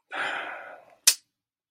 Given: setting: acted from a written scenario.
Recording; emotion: vocal sound without words; contempt